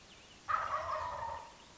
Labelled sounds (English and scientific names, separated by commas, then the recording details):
Wild Turkey (Meleagris gallopavo)
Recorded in Sonoma County, California